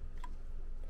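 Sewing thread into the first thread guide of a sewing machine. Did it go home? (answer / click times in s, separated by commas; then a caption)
yes / 0.2 s. Sewing thread on a Brother SE-400 sewing machine is pulled with a little tension under the first thread guide, so it snaps in without being threaded through. A short, soft snap is heard at 0.2 s over a low steady hum, and the thread seats in the guide.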